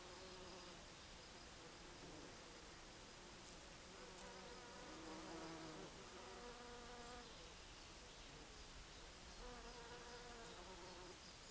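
Bumblebee buzzing, low droning hums rising and falling in pitch in several separate bouts, with short quieter gaps and a faint click.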